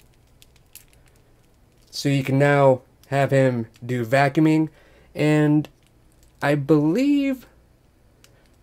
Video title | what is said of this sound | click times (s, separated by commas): NECA TMNT Metalhead Action Figure Unboxing and Review - Teenage Mutant Ninja Turtles Collection | and the peg hole pops right in | 0.8 s